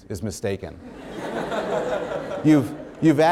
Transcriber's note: laughter